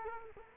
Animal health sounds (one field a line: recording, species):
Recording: mosquito wingbeat signal from an infrared sensor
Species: Culex quinquefasciatus